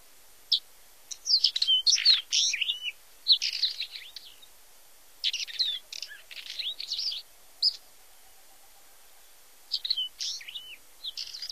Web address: Songs of Birds of North America Stokes. Northern Wheatear